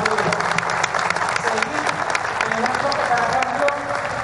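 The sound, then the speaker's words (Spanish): A crowd at a swearing-in ceremony in Caracas claps steadily for a few seconds in applause for the Liberator and Father of the Nation, a dense, even patter of many hands with a faint murmur of voices mixed in beneath the applause. “Así que les pido un aplauso a nuestro libertador y padre de la patria.”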